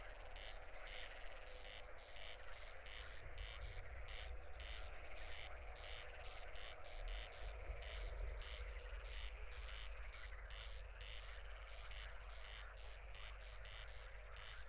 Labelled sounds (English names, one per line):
Corn Crake song